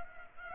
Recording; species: mosquito wingbeat signal from an infrared sensor; Culex pipiens